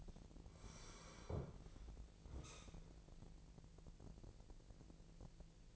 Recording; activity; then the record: daily activity, microphone in the room; sit down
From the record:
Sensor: 5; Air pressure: 1002.0 hPa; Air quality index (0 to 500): 248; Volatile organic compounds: 30 ppm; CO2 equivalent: 2968 ppm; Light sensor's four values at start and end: 40/96/40/43 and 40/96/40/44